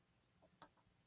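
The interlocking puzzle-piece edge of one modular quilting cutting mat section is pressed into the adjacent mat section. After a faint soft sound just before, a short sharp click rings out at 0.6 s as the edges snap in, and the joined mat lies flat.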